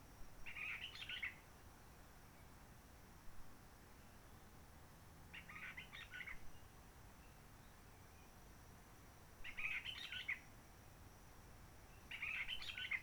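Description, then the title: Réunion bulbul repeating brief warbling bursts, four phrases spread throughout with pauses between, in a quiet setting. Roche Merveilleuse forest, Réunion; quiet since 19 March 2020 lockdown, no visitors, microlights or helicopters; sunny; birds not very active; sings simpler short phrases, adapted to past air-tourism noise. "Roche Merveilleuse, Réunion - Merle de lîle de la Réunion."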